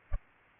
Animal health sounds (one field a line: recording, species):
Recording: mosquito wingbeat signal from an infrared sensor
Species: Culex pipiens